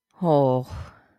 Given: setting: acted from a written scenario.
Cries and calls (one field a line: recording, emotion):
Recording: vocal sound without words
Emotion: shame